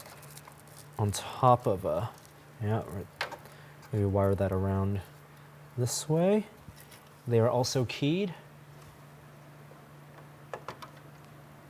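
Someone talks while a keyed plastic power cable connector is routed and pushed into its socket on a PC component during a PC build. Two small clicks sound at 10.5 s and 10.7 s as the connector seats.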